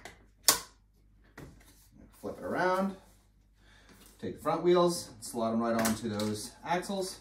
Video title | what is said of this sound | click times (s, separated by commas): Joie Signature Parcel: Unboxing and Assembly | press till they click in place | 0.5 s